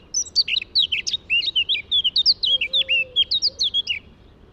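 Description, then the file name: Eurasian blackcap song: one clear phrase of about twenty rapid, slurred, whistled notes that run evenly for four seconds. "Sylvia atricapilla"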